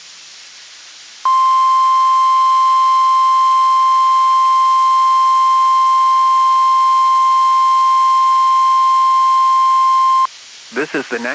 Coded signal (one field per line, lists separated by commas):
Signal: Emergency Alert System (SAME) tones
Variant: 1050 Hz attention tone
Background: speech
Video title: NWR Weekly Tests (12/14/22)(EAS 1305-1308)